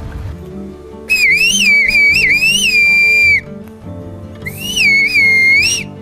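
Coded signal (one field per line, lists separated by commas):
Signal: whistled language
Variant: Turkish kuş dili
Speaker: ini adalah basa burung yang dipakai di desa cusco Turki terletak di timur laut Turki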